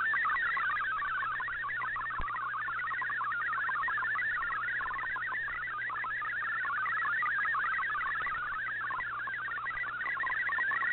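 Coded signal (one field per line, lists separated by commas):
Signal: multi-tone FSK (Olivia or MFSK type)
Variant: MFSK32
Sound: rapid warbling burble of tones hopping quickly within a narrow band, steady throughout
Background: radio static, low hum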